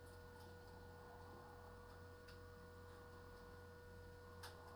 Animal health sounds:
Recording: poultry house recording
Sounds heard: healthy chickens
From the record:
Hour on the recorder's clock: 21

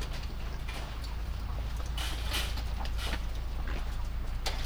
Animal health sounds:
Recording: poultry house recording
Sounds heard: sick chickens (respiratory disease)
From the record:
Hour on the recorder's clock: 0

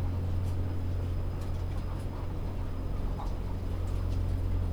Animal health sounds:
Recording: poultry house recording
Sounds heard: sick chickens (respiratory disease)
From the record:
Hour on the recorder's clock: 16

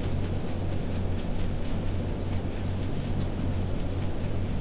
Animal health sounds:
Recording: poultry house recording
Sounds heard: no chicken sound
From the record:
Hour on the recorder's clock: 21

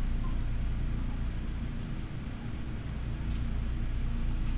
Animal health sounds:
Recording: poultry house recording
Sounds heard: healthy chickens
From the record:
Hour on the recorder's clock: 12

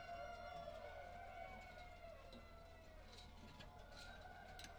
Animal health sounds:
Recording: poultry house recording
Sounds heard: healthy chickens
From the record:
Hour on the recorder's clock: 18

